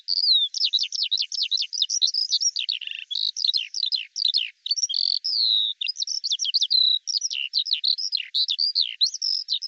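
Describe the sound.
Eurasian skylark singing a continuous, hurried flow of high chirps, slurred downward notes and brief whistles, barely pausing; a clean recording with nothing else audible.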